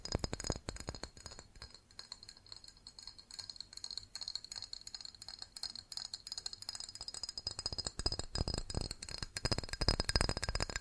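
Fast tapping on glass and ceramic objects, a dense run of light clicks and clinks that barely pauses for the full length. The taps are bright and sharp, with a thin ringing tone lingering behind them, and they grow busier and louder toward the end.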